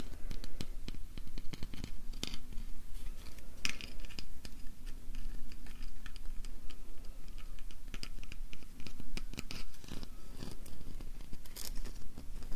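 Festive decorations are handled, with continuous crinkling and scratchy rustles broken by frequent sharp taps and clicks.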